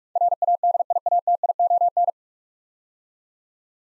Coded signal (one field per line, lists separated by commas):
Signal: Morse code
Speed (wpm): 47 wpm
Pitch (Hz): 700 Hz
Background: none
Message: RADIATION